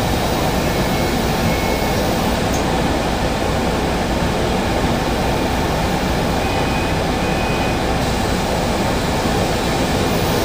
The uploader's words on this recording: Al Nadha to Deira city centre Dubai travel experience. Using 22 bus I'm traveling to Deira city centre bus station.